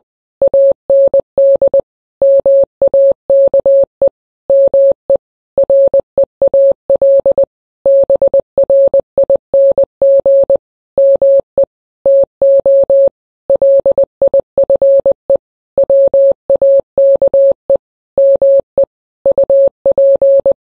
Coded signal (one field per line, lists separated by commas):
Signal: Morse code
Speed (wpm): 20 wpm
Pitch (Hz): 550 Hz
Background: none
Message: AND MAKE ME REAL BRING ME TO LIFE WAKE ME UP